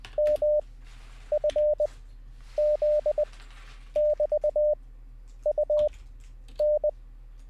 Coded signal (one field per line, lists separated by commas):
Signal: Morse code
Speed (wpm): 20 wpm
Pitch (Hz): 600 Hz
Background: none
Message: M F Z <BT> U N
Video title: How To Learn Morse Code LIVE with N0SSC (Day 13)